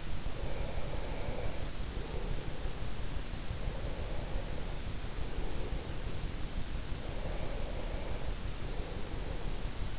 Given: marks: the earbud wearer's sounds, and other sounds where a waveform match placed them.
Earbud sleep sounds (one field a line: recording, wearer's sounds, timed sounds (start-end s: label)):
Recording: sounds in sleep by an in-ear microphone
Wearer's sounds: breath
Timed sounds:
0.00-2.84 s: breath
3.58-6.46 s: breath
7.11-9.99 s: breath